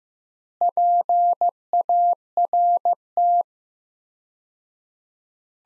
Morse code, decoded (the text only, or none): PART